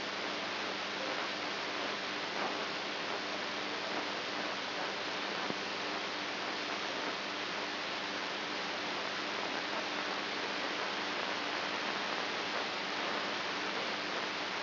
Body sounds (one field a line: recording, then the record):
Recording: brain microelectrode recording played as sound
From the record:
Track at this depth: inside the subthalamic nucleus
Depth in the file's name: 5.112 mm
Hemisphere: right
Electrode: 2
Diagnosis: Parkinson's disease